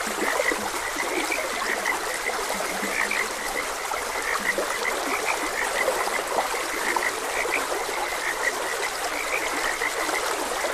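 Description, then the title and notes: A frog chorus of quick, high croaking notes, with a few deeper croaks, against constant flowing water. Frogs croaking beside a gentle stream. "Frogs Croaking. Sleep and Relaxation Podcast"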